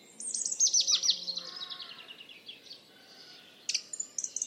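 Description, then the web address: Bird calls: a rapid, high twittering series sliding downward in pitch, a pause, then a few sharp, high chips near the end. "Bird Only"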